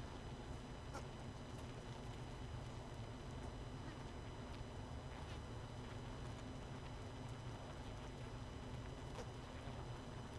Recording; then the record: honeybee colony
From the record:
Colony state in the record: missing queen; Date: 31 May 2018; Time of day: 21:17